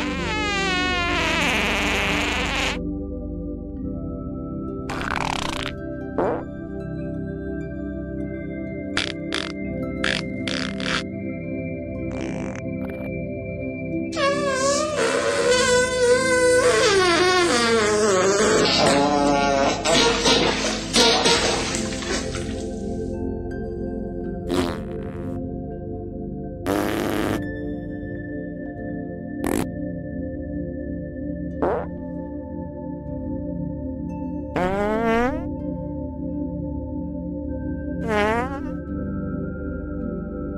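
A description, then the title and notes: Fart sounds over a steady low drone, with squeaky pitch-bending bursts at the start, a long dense rasp midway, then scattered short pops. ASMR 30 Minutes of Fart Sounds.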